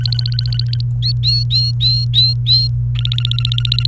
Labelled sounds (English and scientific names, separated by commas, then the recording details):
Domestic Canary (Serinus canaria) song
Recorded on 29 April 2018 at 15:18
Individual llb3